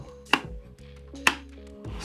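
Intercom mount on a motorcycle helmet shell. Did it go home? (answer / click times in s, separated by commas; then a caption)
yes / 0.3 s, 1.3 s. An intercom mount is fitted onto the shell of a new motorcycle helmet, with a steady low hum in the background. Two sharp, loud snaps ring out at 0.3 s and 1.3 s as the mount clicks into place. The mount is seated firmly.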